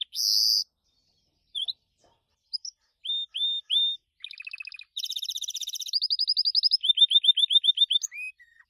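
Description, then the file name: Gloster canary song: scattered bright chirps and short slurred notes, then a buzzy burst, a dense rattling trill and fast runs of repeated sweeping notes, in a quiet background. "canto do canario gloster"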